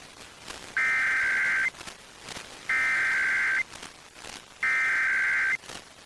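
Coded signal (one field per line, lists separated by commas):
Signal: Emergency Alert System (SAME) tones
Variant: header bursts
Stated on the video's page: Pennsylvania Required Monthly Tests relayed by FM stations in Altoona (98.1) and Johnstown (95.5).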